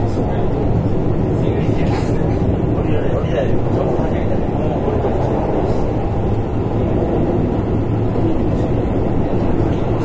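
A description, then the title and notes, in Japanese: A Keihan 13000 series train runs steadily, its deep continuous rumble and roar holding even throughout, with faint brief squeals near two seconds. 京阪電気鉄道 13000系の走行音です。宇治線にて収録。区間は宇治から中書島までです。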